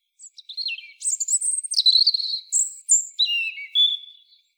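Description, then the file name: European robin singing a thin, high, warbling phrase of varied sliding whistles and quick trills, shifting pitch from note to note over about four seconds, with no other sounds. "Erithacus rubecula"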